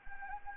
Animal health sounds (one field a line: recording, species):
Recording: mosquito wingbeat signal from an infrared sensor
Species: Anopheles arabiensis